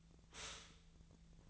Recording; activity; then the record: daily activity, microphone in the room; stop toaster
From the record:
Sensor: 3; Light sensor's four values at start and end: 31/79/33/35 and 32/79/33/35